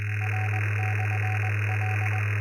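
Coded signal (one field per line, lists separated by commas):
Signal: Morse code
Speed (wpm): 20 wpm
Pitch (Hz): 750 Hz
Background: none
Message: R/L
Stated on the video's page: Heard via shortwave listening on the East Coast Reflector morning net.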